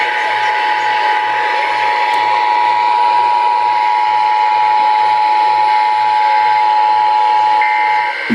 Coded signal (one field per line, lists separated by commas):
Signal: Emergency Alert System (SAME) tones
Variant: 853 and 960 Hz attention tone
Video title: June 2021 Oklahoma Required Monthly Test (EAS#177-185)